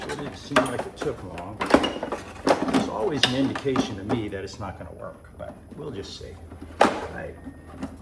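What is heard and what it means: Plastic housing parts of a Nautilus CC Supreme pool cleaner robot are handled and pressed toward the robot body after a cord replacement, while someone talks. Short knocks and plastic handling noises sound at about 0.6, 1.7, 2.5, 3.3 and 6.8 seconds. Nothing has snapped or seated into place yet.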